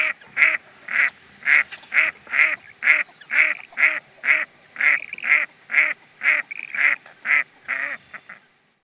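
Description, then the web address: Redhead calling in a steady run of nasal, mewing notes, about two each second, evenly spaced and fading out at the close. "Peterson North American Birds. redh"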